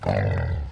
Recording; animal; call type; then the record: contact call of a hoofed animal; wild boar; grunt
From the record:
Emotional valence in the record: negative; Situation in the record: naturally occurring agonistic interactions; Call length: 0.72 s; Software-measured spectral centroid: 1170 Hz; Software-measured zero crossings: 670 a second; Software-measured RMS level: -24 dBFS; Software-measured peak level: -12 dBFS